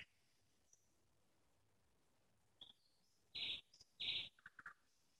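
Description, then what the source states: Nightingale giving, after a quiet start, two loud high notes followed by a quick cluster of softer notes. Nightingale singing in the Parus garden community, Moscow region (Podmoskovye).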